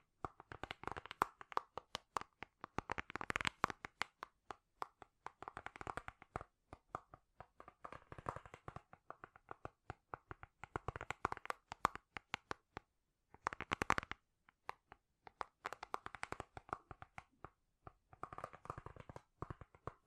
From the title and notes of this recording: ASMR Great Tapping Sounds for Sleep (No Talking).